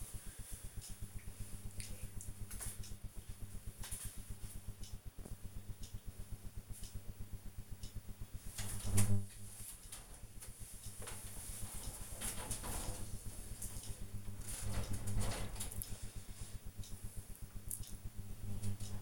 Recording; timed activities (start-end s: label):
household activities, microphone on the right wrist
none